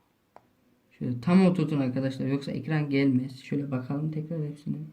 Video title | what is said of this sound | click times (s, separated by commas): SAMSUNG GALAXY S7 EDGE PİNK LİNE FİX ÇİZGİ SORUNU ÇÖZÜMÜ 2020 PEMBE ÇİZGİ TAMİRİ | Oturdu, evet. | 0.4 s